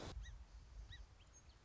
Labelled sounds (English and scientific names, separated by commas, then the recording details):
Song Sparrow (Melospiza melodia)
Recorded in Sonoma County, California